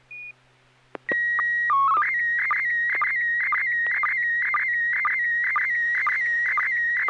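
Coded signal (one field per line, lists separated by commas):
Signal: SSTV (slow-scan television)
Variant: PD 120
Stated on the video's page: SSTV net on a 441.300 MHz FM repeater, sent with MMSSTV software.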